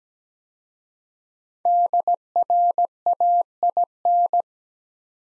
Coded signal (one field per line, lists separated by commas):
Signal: Morse code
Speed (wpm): 17 wpm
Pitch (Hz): 700 Hz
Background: none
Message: DRAIN